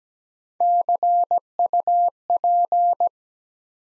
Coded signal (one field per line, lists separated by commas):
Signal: Morse code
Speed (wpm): 17 wpm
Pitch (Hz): 700 Hz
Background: none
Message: CUP